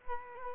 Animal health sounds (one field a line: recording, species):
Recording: mosquito wingbeat signal from an infrared sensor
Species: Culex quinquefasciatus